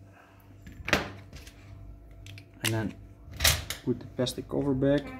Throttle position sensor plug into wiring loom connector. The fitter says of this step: Don't forget to put this one back, otherwise you have no throttle position. Until you hear a click.